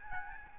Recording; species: mosquito wingbeat signal from an infrared sensor; Aedes albopictus